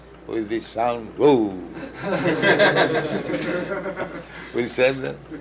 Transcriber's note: laughter